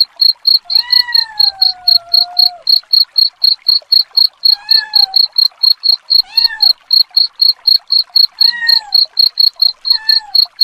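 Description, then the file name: Cricket chirps pulse evenly and high; a long drawn-out cat meow comes first, then several shorter meows. Cricket chirping combined with cat sounds, presented as a rat repellent. "suara kucing dan jangkrik pengusir tikus"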